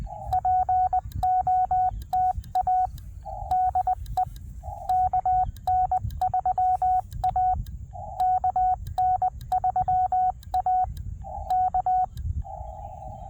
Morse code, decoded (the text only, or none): POTA DE KN3A KN3A K